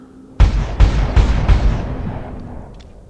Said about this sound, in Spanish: Se escuchó una ráfaga más y gritos, pero les juro que eran gritos indescriptibles de dolor.